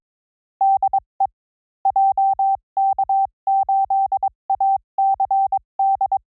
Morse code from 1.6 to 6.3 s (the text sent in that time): JK8ACD